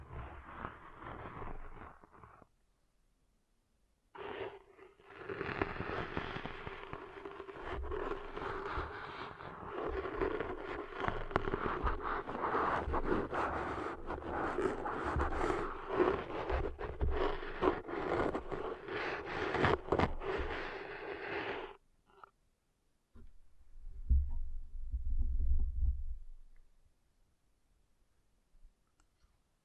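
Ear cleaning sounds: dense crackling, scratching and rubbing with a steady low hum running underneath. A short burst plays first, then a pause, then a long continuous stretch from about four to twenty-two seconds. After another gap, a soft low rumble comes in briefly near the end.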